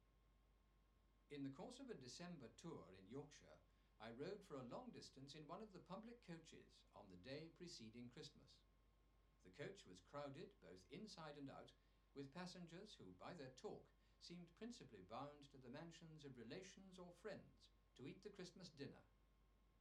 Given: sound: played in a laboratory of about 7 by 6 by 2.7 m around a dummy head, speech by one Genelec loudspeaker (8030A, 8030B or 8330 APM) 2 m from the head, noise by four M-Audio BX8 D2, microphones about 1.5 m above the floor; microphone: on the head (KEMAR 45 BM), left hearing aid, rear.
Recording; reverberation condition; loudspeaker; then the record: male speech in English; low; behind (180 degrees)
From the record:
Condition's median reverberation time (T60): about 310 ms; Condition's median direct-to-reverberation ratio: about 3.5 dB